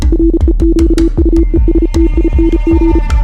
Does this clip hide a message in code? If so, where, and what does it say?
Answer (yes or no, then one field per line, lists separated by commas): yes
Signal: Morse code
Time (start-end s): 0.1-3.0 s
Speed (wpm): 34 wpm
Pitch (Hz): 330 Hz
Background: music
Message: REQUESTING